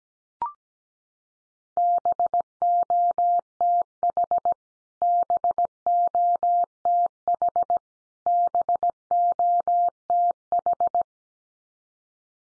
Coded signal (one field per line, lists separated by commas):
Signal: Morse code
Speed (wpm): 17 wpm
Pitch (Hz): 700 Hz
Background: none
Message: BOTH BOTH BOTH